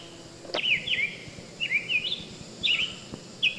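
Summer Tanager giving a few short, burry whistled phrases with gaps between, set against a soft steady background noise.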